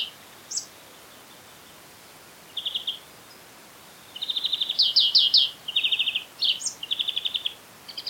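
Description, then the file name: European greenfinch twittering song: two isolated chirps, a brief trill, then a dense series of quick rolling trills and high chirps in the second half. "Chloris chloris"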